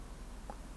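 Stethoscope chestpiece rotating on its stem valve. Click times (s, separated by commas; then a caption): 0.5 s. The two-sided aluminium chestpiece of a stethoscope is rotated on its stem and clicks into its detent at 0.5 s, a short sharp tick over a quiet background. The detent seats and opens the air valve to one side.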